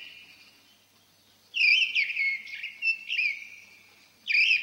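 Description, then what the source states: Mistle Thrush delivering a longer warbling phrase of mellow whistled notes, followed after a pause by the start of another phrase. Old pine forest; occasionally heard, described as a beautiful song.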